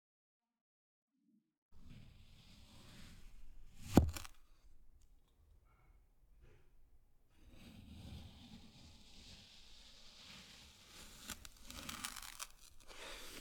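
Kinetic sand is squeezed and pressed, with soft crumbly crunching, a sharp tap near four seconds, and brighter rustles later.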